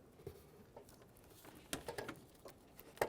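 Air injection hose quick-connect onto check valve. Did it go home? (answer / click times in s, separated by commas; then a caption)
no / none. An air injection hose with a quick-connect fitting is being handled and slid toward the check valve on a 2005–2010 Chevrolet Cobalt. Faint scuffs and light knocks are heard, with sharper taps near 1.7, 2.0, 2.1 and 3.0 seconds. Nothing has clicked or seated yet.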